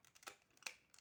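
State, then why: Partly seated. A plastic panel is pressed into place on the side of a Transformers The Last Knight Deluxe Class Cogman transforming toy robot. Soft plastic rustles and faint ticks lead to a sharp click at 0.7 s, followed by a few quieter ticks. The panel clips in poorly but still holds.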